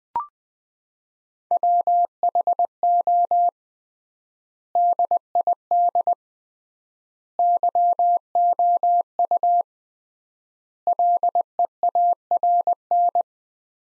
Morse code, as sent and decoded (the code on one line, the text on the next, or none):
.-- .... --- / -.. .. -.. / -.-- --- ..- / .-.. . .- .-. -.
WHO DID YOU LEARN